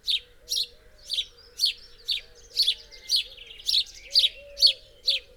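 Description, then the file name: House sparrow chirping, a steady series of bright, harsh chirps about twice a second, with faint lower tonal sounds underneath. "Passer domesticus"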